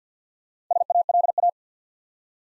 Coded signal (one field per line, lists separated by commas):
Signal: Morse code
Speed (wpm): 50 wpm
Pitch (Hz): 700 Hz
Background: none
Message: SALA